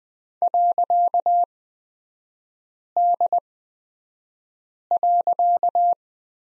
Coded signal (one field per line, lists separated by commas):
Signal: Morse code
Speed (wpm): 20 wpm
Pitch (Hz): 700 Hz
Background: none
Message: .D.